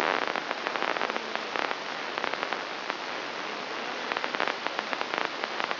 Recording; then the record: brain microelectrode recording played as sound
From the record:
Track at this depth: outside the subthalamic nucleus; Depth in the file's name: -1.081 mm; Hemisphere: left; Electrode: 3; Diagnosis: Parkinson's disease